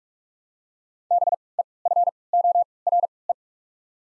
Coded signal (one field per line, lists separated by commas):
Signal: Morse code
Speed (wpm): 43 wpm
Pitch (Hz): 700 Hz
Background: none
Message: B E F O R E